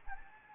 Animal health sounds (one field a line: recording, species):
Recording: mosquito wingbeat signal from an infrared sensor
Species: Anopheles gambiae